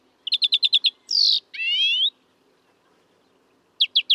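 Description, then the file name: European greenfinch with a rapid chirp series, a harsh buzzy note and a long rising wheeze, then a few more quick chirps. "Chloris chloris"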